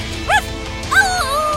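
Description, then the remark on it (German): Dogs give two short, high-pitched yipping barks, the second trailing off into a drawn-out whine, over a low steady background hum with no talking. “Im Nu saßen die Hunde auf ihren Plätzen und dann sausten sie los.”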